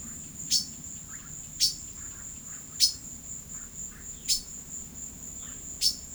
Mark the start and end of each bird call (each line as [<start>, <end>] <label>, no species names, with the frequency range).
[0.46, 0.69] bird call (1.6-6.6 kHz)
[1.58, 1.83] bird call (2.0-6.7 kHz)
[2.74, 3.05] bird call (1.9-7.2 kHz)
[4.25, 4.47] bird call (1.5-7.6 kHz)
[5.80, 6.06] bird call (1.5-7.2 kHz)